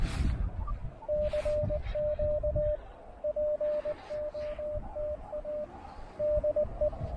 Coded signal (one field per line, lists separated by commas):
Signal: Morse code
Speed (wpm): 20 wpm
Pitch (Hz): 600 Hz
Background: radio noise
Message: CQ POTA DE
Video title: Cape Hatteras: POTA activation at an Iconic North Carolina Lighthouse!